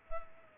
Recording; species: mosquito wingbeat signal from an infrared sensor; Culex pipiens